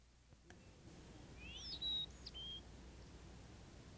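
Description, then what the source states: Chickadee song: a short phrase of a few clear, high whistled notes, the last one lower. Sweet song.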